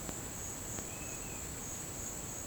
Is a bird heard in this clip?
yes